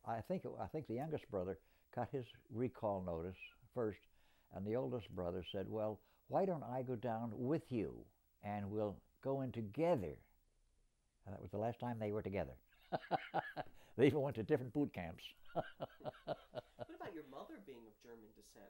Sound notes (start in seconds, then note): 12.8 laughs; 15.4 laughs